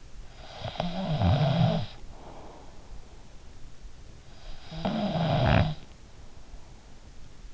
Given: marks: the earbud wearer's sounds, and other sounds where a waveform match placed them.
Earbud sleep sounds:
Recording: sounds in sleep by an in-ear microphone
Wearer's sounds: snoring breath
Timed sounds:
0.00-3.17 s: snoring breath
4.20-6.26 s: snoring breath

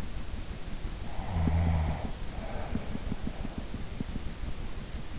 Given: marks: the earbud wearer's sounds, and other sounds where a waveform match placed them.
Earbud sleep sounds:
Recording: sounds in sleep by an in-ear microphone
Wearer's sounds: snoring breath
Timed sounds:
1.19-3.59 s: snoring breath

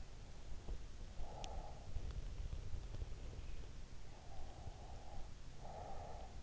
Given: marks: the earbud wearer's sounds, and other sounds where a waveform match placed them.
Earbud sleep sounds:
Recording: sounds in sleep by an in-ear microphone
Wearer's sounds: breath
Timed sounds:
1.08-2.75 s: breath
4.10-6.43 s: breath

